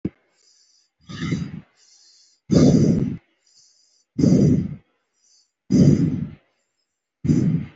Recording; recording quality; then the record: shallow breathing; excellent, no background noise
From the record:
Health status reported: respiratory illness, not identified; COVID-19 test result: negative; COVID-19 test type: RT-PCR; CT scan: taken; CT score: 0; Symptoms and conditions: another respiratory illness, another condition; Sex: male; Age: 19 years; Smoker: no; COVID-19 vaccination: none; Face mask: worn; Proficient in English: yes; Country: India